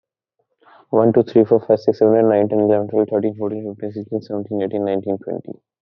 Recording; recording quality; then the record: counting at a fast pace; excellent, no background noise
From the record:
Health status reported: COVID-19 positive, mild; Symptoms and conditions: none ticked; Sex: male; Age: 23 years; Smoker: not ticked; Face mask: not worn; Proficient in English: yes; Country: India